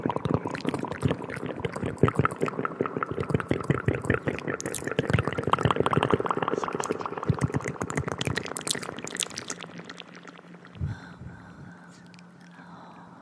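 Intense wet mouth sounds: dense, rapid clicks, smacks and squelches crowding the first nine seconds in a busy, irregular stream. After that the sounds thin out and soften, leaving a low steady hum with a brief thump near eleven seconds.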